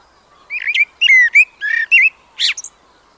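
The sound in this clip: Blackbird song: one phrase of several mellow warbled whistles, some sliding down, ending with a thin squeaky twitter.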